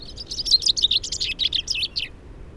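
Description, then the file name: Common chaffinch song: a rapid descending series of bright notes ending in a short flourish, lasting about two seconds. "Fringilla coelebs"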